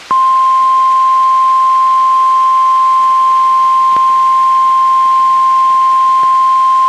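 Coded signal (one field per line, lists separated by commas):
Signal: Emergency Alert System (SAME) tones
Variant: 1050 Hz attention tone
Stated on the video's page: NOAA Weather Radio Required Weekly Test, issued by NWS Seattle, relayed by the Olympia transmitter, recorded from a Reecom R-1630 weather radio onto a Zoom H1.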